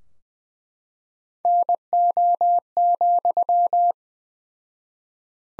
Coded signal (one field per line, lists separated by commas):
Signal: Morse code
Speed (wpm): 21 wpm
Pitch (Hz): 700 Hz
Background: none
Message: NO,